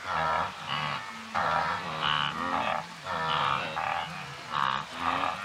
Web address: BBC Africa Kenya. wildebeest several grazing and grunting with birds and insects in background